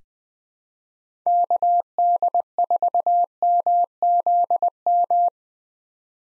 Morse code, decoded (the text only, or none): KD4MZM